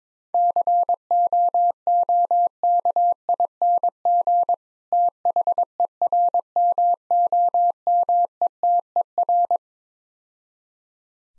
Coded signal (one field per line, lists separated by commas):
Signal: Morse code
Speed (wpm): 22 wpm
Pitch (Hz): 700 Hz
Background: none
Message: COOKING THERMOMETER